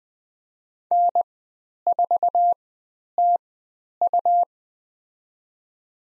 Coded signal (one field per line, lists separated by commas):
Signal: Morse code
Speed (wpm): 20 wpm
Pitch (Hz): 700 Hz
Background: none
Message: N4TU